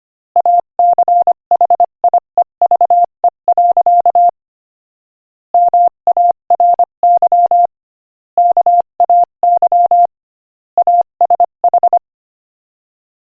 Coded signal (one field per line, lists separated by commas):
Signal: Morse code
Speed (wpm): 24 wpm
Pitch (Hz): 700 Hz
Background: none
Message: ACHIEVE. MARY KAY ASH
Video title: Morse Code Practice: 25 wpm Inspirational Quote 6